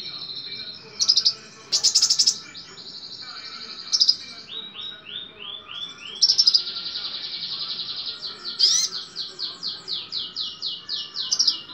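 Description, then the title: Small bird song of buzzy high bursts and rapid series of short rising sweeps, set against a constant high-pitched trilling background. "Burung Kecil"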